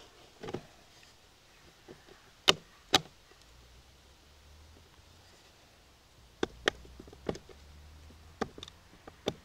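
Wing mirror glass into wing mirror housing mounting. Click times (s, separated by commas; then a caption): 2.5 s, 3.0 s, 6.4 s, 6.7 s. A car's plastic-backed wing mirror glass is pushed with the base of the hand back onto the plastic mounting in the wing mirror housing. Small sharp clicks are heard at 2.5, 3.0, 6.4 and 6.7 seconds, with a few fainter knocks around them. The glass seats back into place on its mounts.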